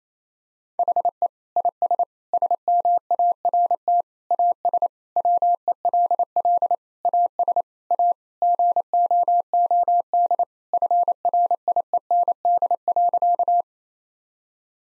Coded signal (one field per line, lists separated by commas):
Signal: Morse code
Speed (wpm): 28 wpm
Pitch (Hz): 700 Hz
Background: none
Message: HE IS SMART AS WELL AS A GOOD FRIEND.